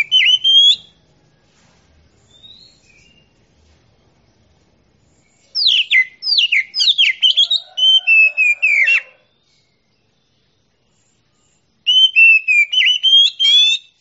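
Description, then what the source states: Oriental magpie-robin singing in bursts: a brief whistled phrase, a long silence, then a dense sequence of sharp falling whistles and warbles, another pause, and a final whistled phrase. Champion singing bird.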